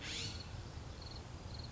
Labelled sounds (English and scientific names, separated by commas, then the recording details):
California Scrub-Jay (Aphelocoma californica)
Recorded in Sonoma County, California